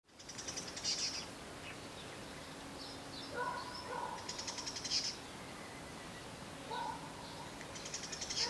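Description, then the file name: Great tit calls: short buzzy high bursts near the start, middle and end, with a few lower tonal notes between them, over steady background hiss. "Parus major"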